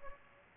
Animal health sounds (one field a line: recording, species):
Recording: mosquito wingbeat signal from an infrared sensor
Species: Aedes aegypti